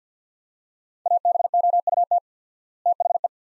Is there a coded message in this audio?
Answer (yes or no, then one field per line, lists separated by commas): yes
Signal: Morse code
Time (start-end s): 1.1-3.3 s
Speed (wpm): 50 wpm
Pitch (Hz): 700 Hz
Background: none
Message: ABOUT THE